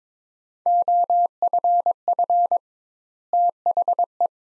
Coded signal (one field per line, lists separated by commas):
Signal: Morse code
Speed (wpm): 22 wpm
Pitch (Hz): 700 Hz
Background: none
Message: OFF THE